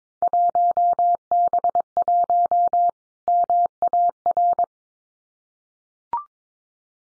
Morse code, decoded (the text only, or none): 1B1 MAR